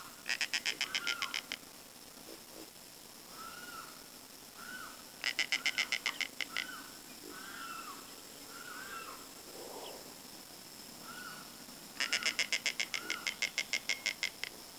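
Bird calls: three bursts of fast, dry rattling pulses, with short whistled notes repeated several times between them, over background noise.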